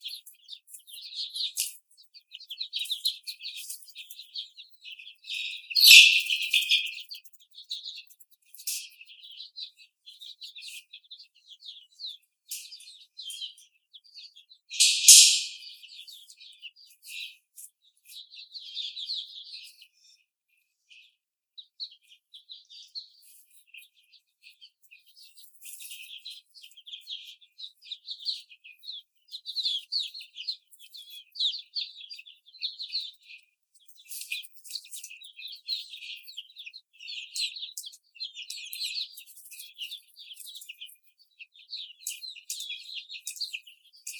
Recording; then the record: young laying hens in a cage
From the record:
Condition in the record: before the stressor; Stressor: simulated dog barking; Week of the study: 4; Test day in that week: 2